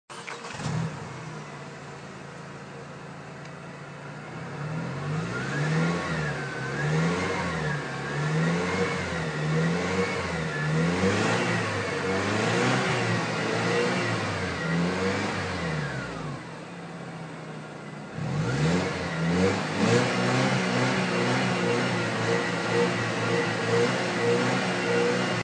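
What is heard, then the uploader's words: A modern car engine revs repeatedly over a steady idle, its pitch swinging up and down in a regular rising-and-falling pattern from about five seconds to sixteen. The engine drops back briefly near eighteen seconds, then returns louder with a rougher, busier growl to the end. This is the sound of a modern car revving.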